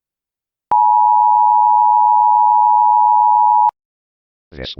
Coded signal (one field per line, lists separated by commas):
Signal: Emergency Alert System (SAME) tones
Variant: 853 and 960 Hz attention tone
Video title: EAS Scenario: The Final Hours Of Dawn [FULL ANALOG HORROR]